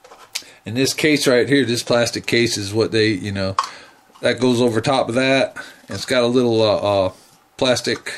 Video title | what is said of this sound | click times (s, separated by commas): DIY Photoconductor tester1.MP4 | you know it pops right in here like so um this is what it normally looks like | 0.4 s